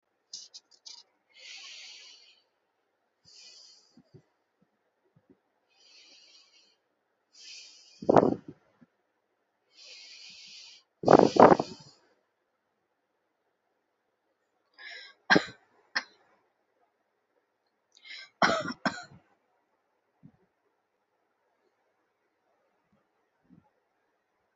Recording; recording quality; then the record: shallow breathing; excellent, no background noise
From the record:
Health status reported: healthy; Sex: female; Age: 30 years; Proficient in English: yes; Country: India